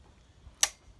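A click-type torque wrench set to 40 Nm tightens the mounting bolt of an SW Motech centre stand on a Honda CB500X motorcycle frame. Against a faint low background, one short, sharp click sounds at 0.6 s as the wrench reaches its 40 Nm setting, confirming the bolt is torqued.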